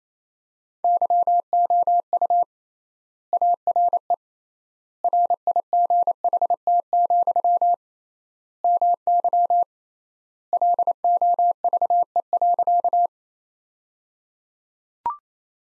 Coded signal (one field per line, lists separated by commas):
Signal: Morse code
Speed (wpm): 27 wpm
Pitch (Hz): 700 Hz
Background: none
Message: YOU ARE RIGHT, MY LOVE.